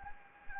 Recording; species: mosquito wingbeat signal from an infrared sensor; Anopheles gambiae